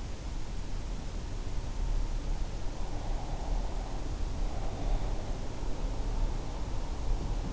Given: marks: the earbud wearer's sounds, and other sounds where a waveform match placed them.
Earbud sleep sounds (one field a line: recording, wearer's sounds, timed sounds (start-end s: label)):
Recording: sounds in sleep by an in-ear microphone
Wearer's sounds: breath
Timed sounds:
2.97-5.43 s: breath